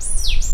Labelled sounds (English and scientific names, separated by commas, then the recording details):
Stitchbird (Notiomystis cincta) song
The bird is a male
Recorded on Tiritiri Matangi Island, New Zealand, in 2005
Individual 2, of nest box 2